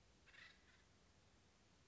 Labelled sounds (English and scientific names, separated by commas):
Acorn Woodpecker (Melanerpes formicivorus)